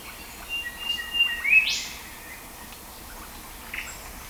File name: Pachycephala Pectoralis